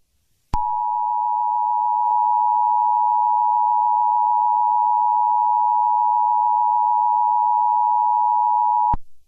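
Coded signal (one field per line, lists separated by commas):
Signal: Emergency Alert System (SAME) tones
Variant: 853 and 960 Hz attention tone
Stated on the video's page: Fictional EAS alert for an alien invasion.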